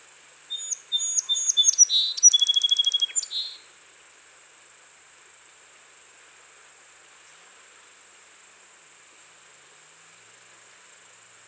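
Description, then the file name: Song sparrow song: one phrase of whistled notes with a rapid trill in the first few seconds, then only a steady background hiss. "Melospiza melodia - Song Sparrow"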